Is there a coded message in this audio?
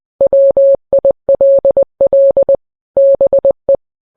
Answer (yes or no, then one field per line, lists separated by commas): yes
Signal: Morse code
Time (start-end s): 0.2-3.8 s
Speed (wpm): 20 wpm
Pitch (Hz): 550 Hz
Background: none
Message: WILL BE